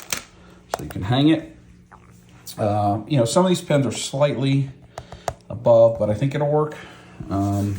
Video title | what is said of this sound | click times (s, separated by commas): Dub Life Episode 272: Sir, May I Buy Your Chain?? | so let see the magnets pop into place and then it has some hanging uh apparatus | 0.1 s